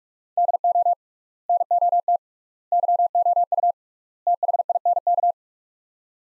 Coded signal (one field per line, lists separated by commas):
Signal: Morse code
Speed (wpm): 46 wpm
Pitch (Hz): 700 Hz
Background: none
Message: DO NOT YOU THINK